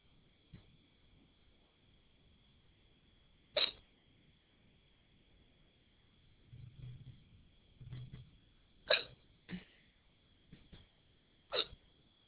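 Sharp, abrupt gulping clicks from an adult recur at irregular intervals, four clear ones and a few fainter ones in twelve seconds, with soft breathing between them over steady background hiss. These are hiccups: sudden involuntary diaphragm spasms cut off by the glottis snapping shut.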